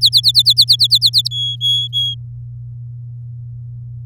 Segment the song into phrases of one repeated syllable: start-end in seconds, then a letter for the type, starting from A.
0.01-1.28 A, 1.31-2.15 B